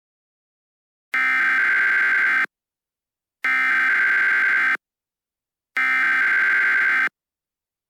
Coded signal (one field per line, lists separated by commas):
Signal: Emergency Alert System (SAME) tones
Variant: header bursts